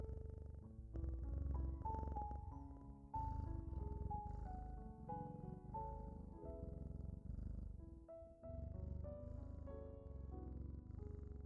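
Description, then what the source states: Domestic cat purr, continuous deep rumbling pulses under gentle, slowly shifting instrumental melody. Cat purring at the end of a guided relaxation meditation, mixed with calming music, for drifting off to sleep.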